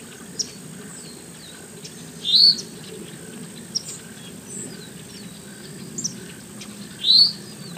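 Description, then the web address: Spotted towhee giving two rising, slightly harsh mewing calls about five seconds apart, with faint ticks and steady background hiss. "lbrc spto dobbsa"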